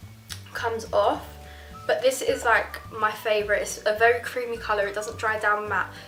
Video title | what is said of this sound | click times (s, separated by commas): My All Time Favourite Autumn Lip Products | Like, you can hear the click, but the sticker, it kind of like | 0.3 s